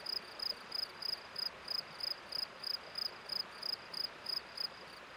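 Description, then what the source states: Cricket chirping in high, pulsed bursts repeated about three times a second in a steady rhythm, with a soft hiss of background noise throughout. Hillside at Nodar, Portugal, recorded on 21 May 2007.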